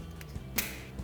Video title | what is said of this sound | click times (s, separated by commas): 2019-2024 RAM 1500 Barricade 3.50-Inch Oval Bull Bar with Skid Plate Review & Install | Press it until it clicks, and then push that red locking tab into place, to hold it in. | 0.2 s, 0.6 s